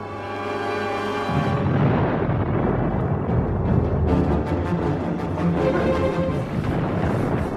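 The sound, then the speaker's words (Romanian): Cannon salvos roar over a steady low rumble as a ship slips between them, with a string of sharp bursts crackling through the second half, following a brief sustained tone at the very start. “Trebuie să ne strecurăm printre salve de tun.”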